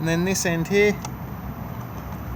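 A barbecue gas hose adapter is handled beside the external gas outlet on a Mobilvetta K-Yacht 79 Tekno Line motorhome, while someone talks over a low background hum. Nothing has seated or clicked yet.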